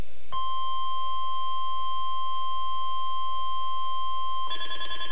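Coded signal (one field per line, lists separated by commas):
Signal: Emergency Alert System (SAME) tones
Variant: 1050 Hz attention tone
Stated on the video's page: Required weekly and monthly tests received on weather radio.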